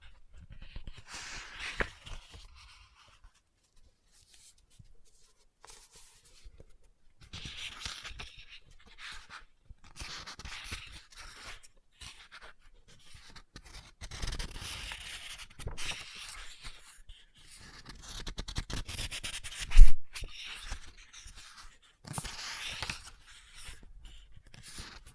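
Scratching and rustling handling of a book, coming in bursts of dry, hissy scraping separated by near-silent gaps. Activity picks up after the midpoint, and a single sharp tap or knock stands out just before twenty seconds, with softer clicks scattered elsewhere.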